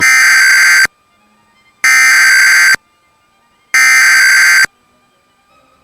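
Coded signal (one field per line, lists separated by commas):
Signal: Emergency Alert System (SAME) tones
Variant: header bursts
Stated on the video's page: Statewide child abduction emergency alert captured from an online EAS broadcast stream.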